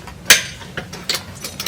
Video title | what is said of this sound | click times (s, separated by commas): JK Front Brakes DIY in 7 minutes! | and you wait for the click. | 0.3 s